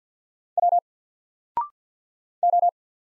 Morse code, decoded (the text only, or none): W O